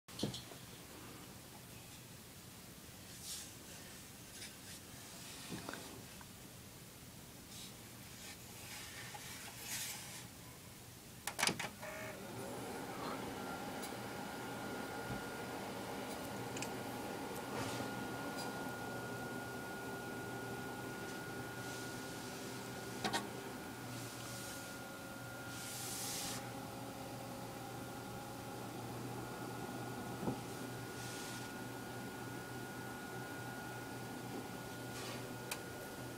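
A server starts up: a low steady hum runs throughout, and after a sharp click around 11 seconds the fans rise into a louder, fuller whir with a faint high whine. Scattered clicks and short rustling bursts recur every few seconds over the drone.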